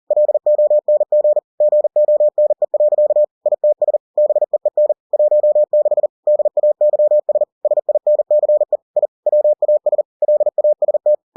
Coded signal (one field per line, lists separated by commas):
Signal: Morse code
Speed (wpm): 40 wpm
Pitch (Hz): 600 Hz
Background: none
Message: LONG GONE. ITS BEEN 16 DAYS SINCE I WAS LAST